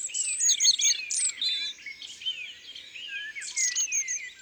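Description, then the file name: Long-tailed tit chatter: a continuous stream of very high, thin twitters and short rising and falling slurs. "Mesange a longue queue ABC des chants doiseaux"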